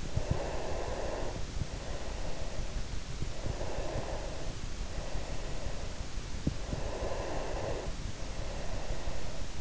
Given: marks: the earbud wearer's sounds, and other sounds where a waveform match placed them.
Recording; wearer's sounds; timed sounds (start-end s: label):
sounds in sleep by an in-ear microphone; breath
0.06-3.11 s: breath
3.37-6.10 s: breath
6.69-9.61 s: breath